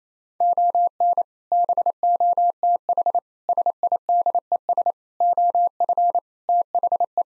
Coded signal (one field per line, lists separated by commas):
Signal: Morse code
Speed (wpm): 28 wpm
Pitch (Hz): 700 Hz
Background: none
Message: ON BOTH SIDES OF THE